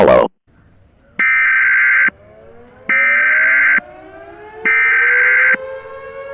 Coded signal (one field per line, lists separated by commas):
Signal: Emergency Alert System (SAME) tones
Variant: header bursts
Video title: EAS Mock Scenario: Green Blob Invasion